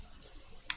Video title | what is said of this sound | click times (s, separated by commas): Building Batmobile! The Tumbler with Legos! | I do like to hear that little clickety click. | 0.7 s